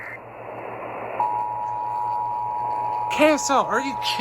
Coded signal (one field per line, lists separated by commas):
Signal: Emergency Alert System (SAME) tones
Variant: 853 and 960 Hz attention tone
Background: speech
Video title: LATE RELAYS AND EPIC FAILS... EAS Tests from 10/4/21-10/27/21 (EAS #759-793)